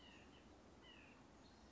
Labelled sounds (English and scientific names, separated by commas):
White-breasted Nuthatch (Sitta carolinensis)